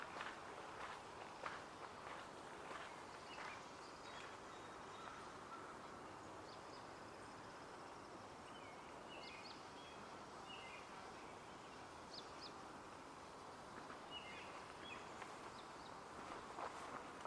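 Outdoor ambience at Hoyt Arboretum in Portland, Oregon: a steady, dense hush of background noise runs throughout. Scattered bird chirps and short calls break in every few seconds, with soft footsteps or crunching sounds now and then.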